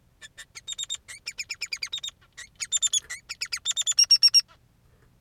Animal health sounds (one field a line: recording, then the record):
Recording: song of a male Bengalese finch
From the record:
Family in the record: son of father 3